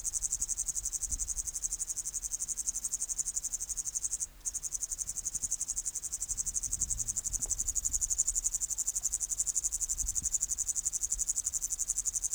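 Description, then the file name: Upland green bush-cricket song: a long continuous high buzzing trill of rapid pulses, with one short gap partway through. "Tettigonia cantans"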